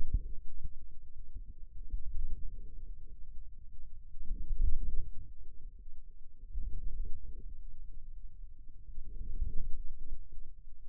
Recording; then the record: forearm muscle sounds (acoustic myography)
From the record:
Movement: wrist flexion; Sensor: system 2, bracelet of six BSWA MPA416 microphones around the upper forearm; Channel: 2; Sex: male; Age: 22 years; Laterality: right